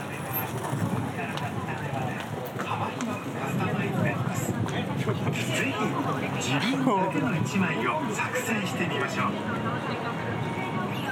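A busy city street heard while walking, with steady overlapping chatter from passersby, traffic rumbling, and brief clatters and squeaks throughout.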